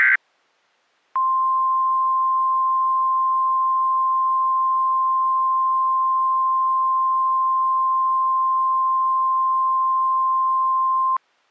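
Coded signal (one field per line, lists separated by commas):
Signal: Emergency Alert System (SAME) tones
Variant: 1050 Hz attention tone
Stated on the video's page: Fictional EAS scenario depicting a severe weather outbreak in central Alabama.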